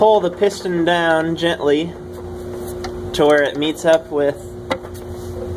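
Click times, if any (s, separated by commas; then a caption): 4.7 s. On a tractor engine, a piston and connecting rod fitted with a new bearing shell are pulled down gently until the rod meets the crankshaft journal while someone talks over a steady low hum. A sharp metallic knock at 4.7 s marks the connecting rod bearing seating completely on the crank journal.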